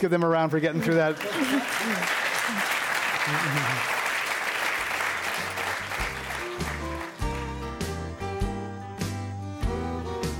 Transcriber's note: applause